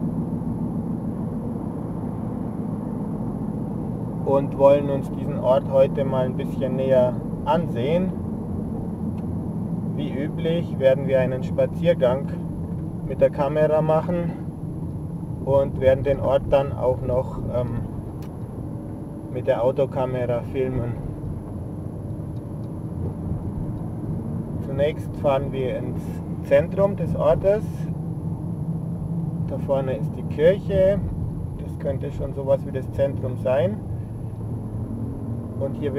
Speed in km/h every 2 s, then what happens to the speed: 54, 54, 53, 49, 44, 36, 34, 31, 32, 31, 31, 32, 35, 34, 33, 29, 27, 27.
4-14 slows to 31. 14-26 steady at about 32. 26-36 slows to 27.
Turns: none.